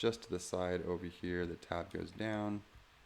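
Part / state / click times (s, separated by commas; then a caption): ethernet cable plug into single-board computer ethernet port / not seated / none. An ethernet cable's plastic RJ45 plug is held tab-down at the side of a Raspberry Pi's ethernet port, ready to be pushed in, while someone talks. Nothing has seated or clicked into the port yet.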